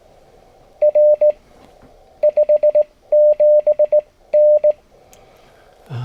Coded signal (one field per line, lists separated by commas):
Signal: Morse code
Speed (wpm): 19 wpm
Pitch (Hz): 600 Hz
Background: radio noise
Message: R 57 N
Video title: Why You Should Join the SKCC